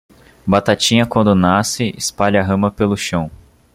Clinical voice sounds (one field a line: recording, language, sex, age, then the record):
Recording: short text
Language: Brazilian Portuguese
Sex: male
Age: 20 to 29 years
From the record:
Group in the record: control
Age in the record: 22 years